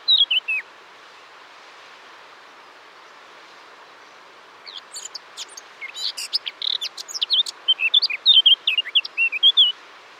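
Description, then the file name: Eurasian blackcap singing: a short high phrase at the start, a pause, then a fast scratchy warble building into loud, clear whistled notes toward the end. "Sylvia atricapilla"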